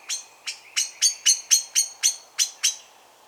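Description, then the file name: Eurasian blackbird giving a steady rapid series of hard clicking chink notes, about four per second, for three seconds. "Turdus merula"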